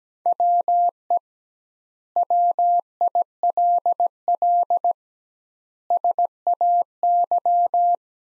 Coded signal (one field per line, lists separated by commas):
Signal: Morse code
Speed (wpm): 17 wpm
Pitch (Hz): 700 Hz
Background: none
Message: WE WILL SAY